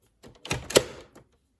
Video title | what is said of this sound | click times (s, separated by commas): DIY - 2012 Range Rover Sport SDV6: Change the interior dashboard LED backlights | and then you're supposed to push on it until it clicks | 0.5 s, 0.8 s